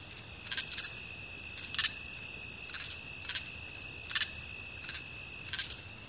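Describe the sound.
Steady shrill cricket trilling runs through, punctuated by a few louder clicking pulses.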